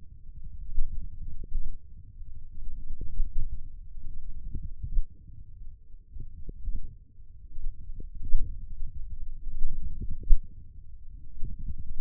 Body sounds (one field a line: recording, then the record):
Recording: forearm muscle sounds (acoustic myography)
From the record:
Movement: radial deviation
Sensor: system 1, eight BSWA MPA416 microphones around the upper forearm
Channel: 8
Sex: male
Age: 20 years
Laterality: left